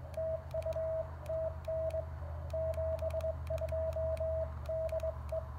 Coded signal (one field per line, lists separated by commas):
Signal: Morse code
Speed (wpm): 22 wpm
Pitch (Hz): 660 Hz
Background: radio noise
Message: TU TN 72 DE